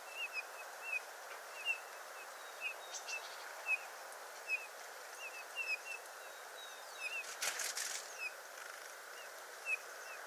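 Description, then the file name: Eurasian bullfinch calls: short, soft whistled notes repeated roughly every half second to second, over a constant background hiss, with a brief noisy burst late on. "Pyrrhula pyrrhula"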